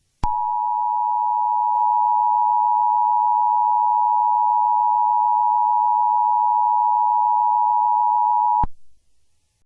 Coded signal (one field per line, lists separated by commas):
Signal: Emergency Alert System (SAME) tones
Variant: 853 and 960 Hz attention tone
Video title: *VALID TONES* EAS Scenario: Hell Storm